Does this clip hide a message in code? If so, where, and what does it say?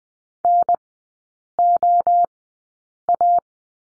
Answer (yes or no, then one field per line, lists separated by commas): yes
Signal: Morse code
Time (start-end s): 0.4-3.4 s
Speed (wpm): 20 wpm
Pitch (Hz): 700 Hz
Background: none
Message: NOA